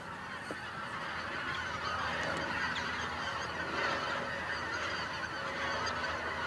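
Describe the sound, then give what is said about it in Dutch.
A large flock of geese honks continuously, dozens of overlapping nasal calls forming a steady, dense chorus at even volume with no talking. “Nou, vogels genoeg, hè? Kijk, het komt weer. Heel veel, ja. Allemaal ganzen.”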